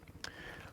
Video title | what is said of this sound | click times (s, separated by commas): Krav Maga: How to NOT SUCK at Loading and Unloading | I press firmly with the palm heel of my hand as well as the right hand together squeezing. I hear that click | 0.2 s